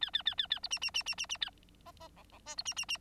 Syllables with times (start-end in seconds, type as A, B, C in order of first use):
0.01-0.10 A, 0.13-0.23 A, 0.25-0.35 A, 0.38-0.47 A, 0.50-0.59 A, 0.63-0.68 B, 0.70-0.79 C, 0.81-0.91 C, 0.94-1.03 C, 1.06-1.15 C, 1.18-1.26 C, 1.29-1.38 C, 1.41-1.50 A, 1.85-1.92 D, 2.00-2.08 D, 2.16-2.23 E, 2.32-2.39 E, 2.45-2.55 F, 2.57-2.63 B, 2.65-2.74 C, 2.76-2.85 C, 2.88-2.98 C